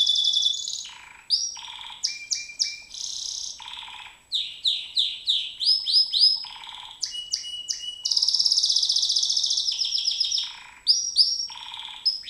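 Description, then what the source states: White-eye singing an energetic, high-pitched medley of clipped chirps, slurred whistles and long buzzy rattles, mostly continuous with brief gaps. Song in the ngerol ngalas style.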